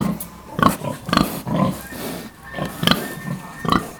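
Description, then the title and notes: Pig giving a series of short, rough grunts. Black sow nursing her six piglets at Cascina Pasque' farm, Besnate, Italy, 11 December 2018. "Besnate - Cascina Pasque' - 20181211-Un maiale nero con i suoi sei maialini in atto di allattamento"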